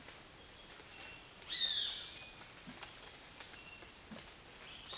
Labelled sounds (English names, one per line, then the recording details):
Violaceous Jay
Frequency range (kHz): Violaceous Jay 1.0-5.9 kHz
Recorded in dense forest near Puerto Asís, Putumayo, Colombia, on 25 June 2025 at 07:00
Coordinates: 0.484, -76.325
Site H65